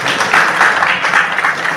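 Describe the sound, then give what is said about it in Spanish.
An audience applauds steadily, a dense wash of many hands clapping at an even, fairly loud level for the whole stretch, with no voices standing out. “Un aplauso.”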